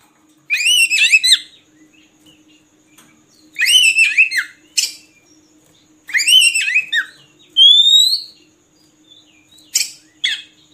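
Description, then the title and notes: Oriental magpie-robin giving short bursts of harsh, slurred notes with pauses between, with one pure rising whistle and a faint hum behind. Oriental magpie-robin song made for training kept birds to sing (gacor) day and night. "Kacer Jadi Gacor Siang Malam. Isian Kacer Durasi Panjang"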